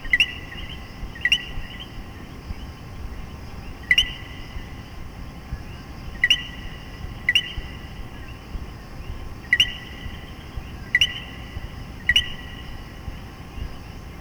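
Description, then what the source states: Common coquí calling its sharp two-note co-quí about eight times at uneven intervals, the second note higher, over steady background noise. Puerto Rico; several coquí frogs.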